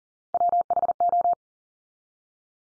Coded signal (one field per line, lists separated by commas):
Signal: Morse code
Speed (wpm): 40 wpm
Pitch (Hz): 700 Hz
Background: none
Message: WHO